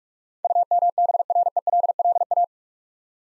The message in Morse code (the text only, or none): UMBRELLA